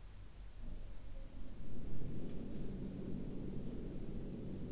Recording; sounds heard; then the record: poultry house recording; no chicken sound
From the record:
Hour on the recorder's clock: 18